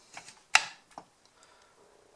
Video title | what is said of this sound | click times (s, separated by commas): 1989 Razorback & Wild Boar Iron Grenadiers G.I. Joe review | hide away. It actually clicks into place, so that's not just some | 0.6 s